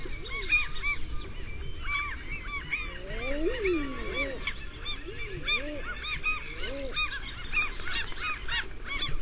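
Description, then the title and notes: Common eider calls, cooing arched notes rising and falling, several birds overlapping, with higher chattering calls throughout. "Ærfugl by forskningno"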